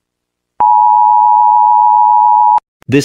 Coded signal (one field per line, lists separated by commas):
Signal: Emergency Alert System (SAME) tones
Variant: 853 and 960 Hz attention tone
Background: speech